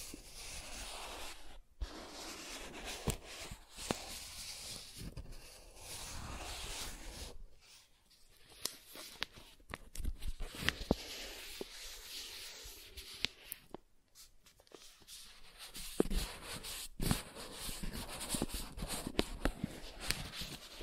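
Soft tracing across smooth and rough surfaces, heard as a hushed, continuous rubbing hiss with a bright, airy texture. Frequent small clicks and ticks punctuate the strokes, and there are brief near-silent gaps around 1.5, 7.5 and 14 seconds between passes.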